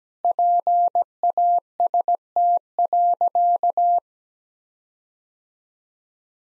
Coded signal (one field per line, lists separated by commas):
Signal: Morse code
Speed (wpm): 17 wpm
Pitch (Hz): 700 Hz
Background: none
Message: PAST.